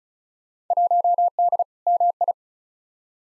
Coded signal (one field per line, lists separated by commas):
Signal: Morse code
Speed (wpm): 34 wpm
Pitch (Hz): 700 Hz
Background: none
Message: 1D MI